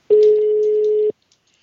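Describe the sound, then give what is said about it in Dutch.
A single steady telephone ringback tone, a loud, low, even hum lasting about a second that starts and stops abruptly, followed by silence. “Dit is de telefoon van daar.”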